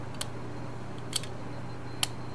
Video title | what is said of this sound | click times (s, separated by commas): ADJUSTABLE VOLTAGE DETECTOR | clicks right into place now | 2.0 s